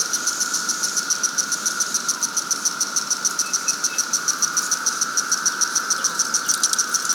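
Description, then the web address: Cicadas droning, a steady whine with rapid high pulsing running throughout. Cicadas at Sangchris Lake, during the 220-year cicada bloom. "The Psychologically Ultimate 220 Year Cicada Bloom. Sangchris Lake Cicadas"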